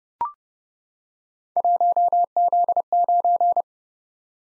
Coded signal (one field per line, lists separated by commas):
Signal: Morse code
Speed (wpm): 30 wpm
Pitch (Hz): 700 Hz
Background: none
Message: 1Z9